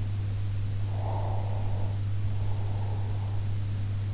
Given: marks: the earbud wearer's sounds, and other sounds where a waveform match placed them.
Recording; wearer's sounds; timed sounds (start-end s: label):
sounds in sleep by an in-ear microphone; breath
0.83-3.58 s: breath